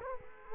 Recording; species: mosquito wingbeat signal from an infrared sensor; Culex quinquefasciatus